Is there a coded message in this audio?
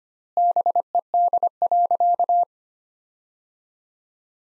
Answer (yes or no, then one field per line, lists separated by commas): yes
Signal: Morse code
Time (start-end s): 0.4-2.4 s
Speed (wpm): 25 wpm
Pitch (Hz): 700 Hz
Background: none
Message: BED.